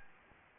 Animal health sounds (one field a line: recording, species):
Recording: mosquito wingbeat signal from an infrared sensor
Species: Anopheles gambiae